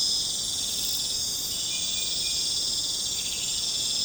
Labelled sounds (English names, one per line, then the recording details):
none
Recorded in pastures near Puerto Asís, Putumayo, Colombia, on 26 December 2024 at 23:30
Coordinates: 0.466, -76.322
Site G040